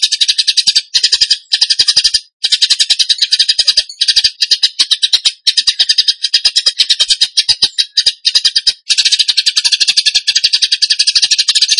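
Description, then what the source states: Bird song: long runs of dense, scratchy, rapid-fire high notes separated by brief gaps, repeated throughout. Training recording (masteran) of a bird singing in the tembakan gacor style.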